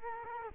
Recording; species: mosquito wingbeat signal from an infrared sensor; Culex quinquefasciatus